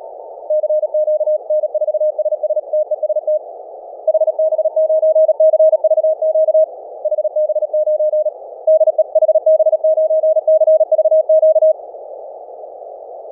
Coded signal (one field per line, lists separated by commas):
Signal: Morse code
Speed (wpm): 37 wpm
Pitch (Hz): 630 Hz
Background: none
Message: CQ N4SS TEST HB9CVQ HB9 DE HB9CVQ